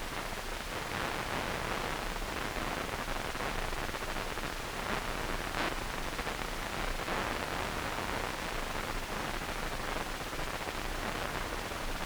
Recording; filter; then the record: brain microelectrode recording played as sound; wide band, above 20 Hz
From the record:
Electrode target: subthalamic nucleus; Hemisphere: right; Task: reaching with the left hand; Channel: 2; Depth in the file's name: 1.506 mm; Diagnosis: Parkinson's disease